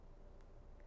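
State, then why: Seated. The lever of a plastic lever-nut wire splicing connector is pushed down onto its housing until a nub on the housing snaps into a groove in the lever. Over a steady low background hiss, a faint, brief high-pitched pop is heard at 0.4 s, and the lever snaps locked into place.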